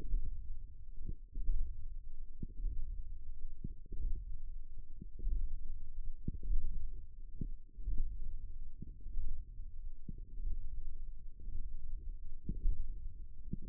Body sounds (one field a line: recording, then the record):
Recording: forearm muscle sounds (acoustic myography)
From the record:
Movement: hand closing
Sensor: system 1, eight BSWA MPA416 microphones around the upper forearm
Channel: 8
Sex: female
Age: 20 years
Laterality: right